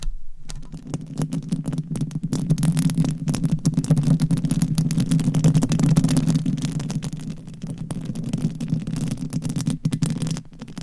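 Microphone scratching: a continuous rough, rubbing scrape that holds for the whole eleven seconds. The sound is dense and low-heavy, with a thick rumbling body, and it's broken by rapid fine clicks and crackles. It swells in the middle before easing slightly.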